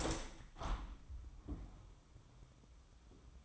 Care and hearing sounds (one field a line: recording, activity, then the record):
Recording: daily activity, microphone in the room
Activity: open window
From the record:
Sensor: 1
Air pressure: 1006.6 hPa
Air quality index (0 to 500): 209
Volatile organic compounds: 24 ppm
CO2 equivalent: 2820 ppm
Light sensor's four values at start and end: 12/31/12/14 and 13/33/13/15